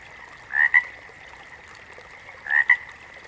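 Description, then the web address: Water frog croaking, two short double-pulsed croaks about two seconds apart, each a quick pair of notes. "Echoes Of Nature Animal sounds - Water Frogs"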